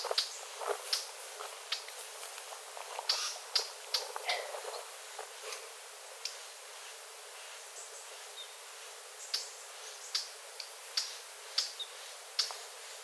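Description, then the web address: Eurasian blackcap alarm call: sharp tacking clicks, scattered and uneven at first, then a clearer series of spaced ticks near the end. Alarm call; USSR. "birds-of-the-ussr passeriformes sylviidae sylvia sylvia-atricapilla"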